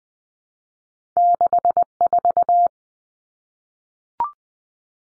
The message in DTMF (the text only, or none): none